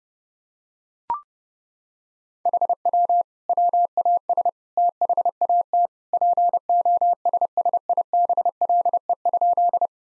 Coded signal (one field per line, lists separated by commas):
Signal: Morse code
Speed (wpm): 30 wpm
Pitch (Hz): 700 Hz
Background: none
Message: HW WAS THAT POSSIBLE?